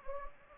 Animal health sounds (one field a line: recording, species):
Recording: mosquito wingbeat signal from an infrared sensor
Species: Anopheles gambiae